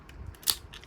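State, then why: Seated. A plastic tab with a small nub on a panel of an X-Transbots MX-32 Jian / Blades transforming figure is pushed with force into its slot. It snaps into place with a sharp, bright click at 0.5 s, surrounded by faint plastic ticks. The tab is seated.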